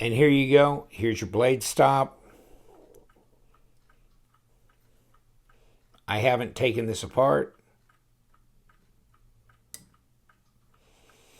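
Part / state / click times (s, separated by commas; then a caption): folding knife blade into its handle detent / seated / 9.7 s. A man talks about a WE Arrakis 906CF carbon fiber folding knife, then its blade snaps into the handle detent with one sharp metallic click at 9.7 s. Faint ticks are heard in the quiet before it. The blade seats, and the detent seems reasonable.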